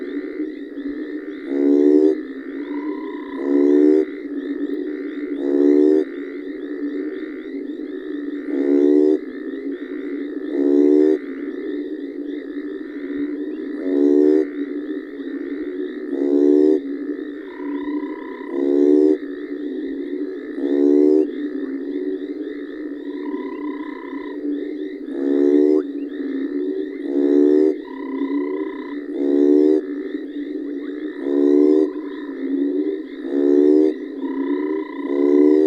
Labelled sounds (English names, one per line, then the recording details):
African Split-skin Toad call
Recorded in the wild
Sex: male
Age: adult
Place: Hoedspruit, Marepe Lodge, ZA
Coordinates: -24.45, 30.84
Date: 1995-01-25
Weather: 19,5°C
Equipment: Sony TCD-D3, Sennheiser ME 80, K 30 AV
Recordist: Gutsche, Alexander